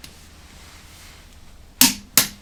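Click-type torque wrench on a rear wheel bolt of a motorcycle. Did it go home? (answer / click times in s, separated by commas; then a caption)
yes / 1.8 s, 2.2 s. A click-type torque wrench tightens the third rear wheel bolt of a Triumph Explorer 1200 motorcycle. Against a quiet background, two sharp, bright clicks ring out at 1.8 s and 2.2 s as the wrench reaches its setting, confirming the bolt is torqued.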